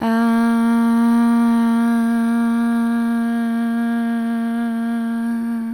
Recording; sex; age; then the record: sustained vowel /a/; female; 20 to 29 years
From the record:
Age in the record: 25 years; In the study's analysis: included